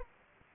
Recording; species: mosquito wingbeat signal from an infrared sensor; Anopheles arabiensis